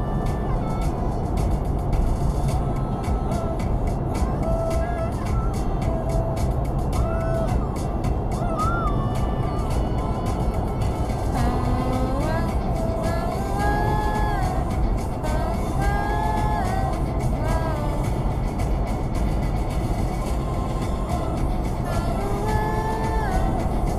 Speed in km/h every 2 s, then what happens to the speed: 116, 118, 116, 114, 111, 109, 109, 106, 106, 109, 111, 114.
0-14 slows to 106. 14-24 speeds up to 114.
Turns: none.